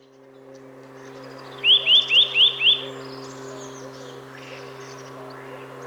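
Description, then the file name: Eurasian nuthatch calling, a quick burst of five sharp whistled notes in about one second, with faint high chirps in the background and a steady low hum. "Sitta europaea 170718"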